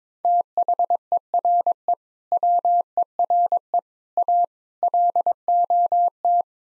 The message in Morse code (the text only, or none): THERE WERE A LOT